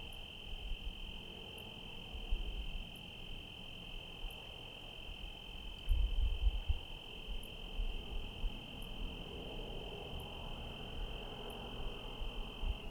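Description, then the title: Cricket song forms a continuous high trill throughout, with faint high ticks recurring regularly and louder low rumbles midway. Night recording in Trinity County, California, USA, dated 17/10/25 around 05:06 (approximate time), with rain and cars; recorded on Zoom H1 with internal XY microphones. "Trinity County, Californie, États-Unis d'Amérique - 17_10_25_05_06 grillons nuit voitures PLUIE"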